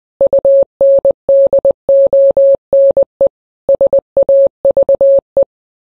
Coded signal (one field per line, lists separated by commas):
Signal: Morse code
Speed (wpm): 20 wpm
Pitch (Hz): 550 Hz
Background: none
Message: UNDONE SAVE